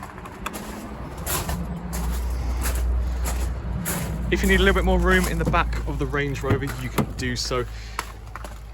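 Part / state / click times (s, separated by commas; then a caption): parcel shelf clip in the car boot / released / 0.5 s. In the boot of a Land Rover Range Rover Sport 3.0 SD V6 HSE Dynamic, the rear parcel shelf is removed by unclipping its mounting part, and the clip lets go with a sharp click at 0.5 s. Someone then talks over a low steady hum, with a few more faint knocks near the end.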